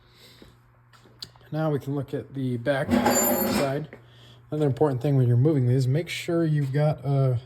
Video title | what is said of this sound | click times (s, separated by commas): United's Kickapoo Repair - Mechanical Oddities Episode 1 | everything else that lights up it probably look better that way just snaps back in | 1.2 s